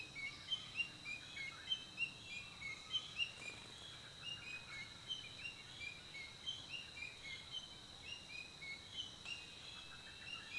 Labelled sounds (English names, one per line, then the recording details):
Gray-throated Tit-flycatcher
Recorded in Kibale, Uganda